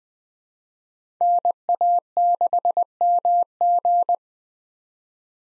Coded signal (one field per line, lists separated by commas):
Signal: Morse code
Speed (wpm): 20 wpm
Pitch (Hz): 700 Hz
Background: none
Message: NA6MG